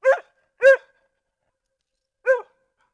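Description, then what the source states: Dog barking, three short harmonic barks, two in quick succession and a third after a pause of about a second and a half, against silence. Dog in a residential area.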